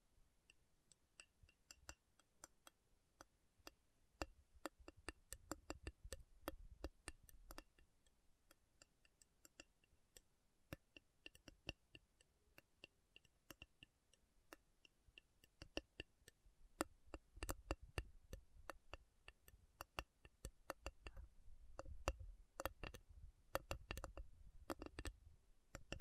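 Metal is tapped in sharp, bright ticks at an uneven pace throughout, with a soft low rumble swelling behind them around the middle and end.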